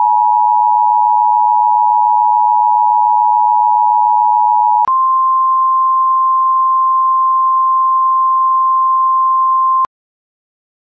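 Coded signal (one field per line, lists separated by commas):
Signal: Emergency Alert System (SAME) tones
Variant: 853 and 960 Hz attention tone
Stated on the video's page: Fake child abduction alert, although the details in it were real.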